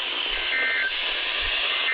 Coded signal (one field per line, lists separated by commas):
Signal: Emergency Alert System (SAME) tones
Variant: end-of-message bursts